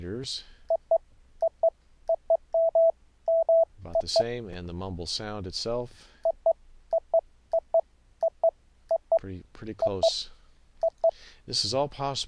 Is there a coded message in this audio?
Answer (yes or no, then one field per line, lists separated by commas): no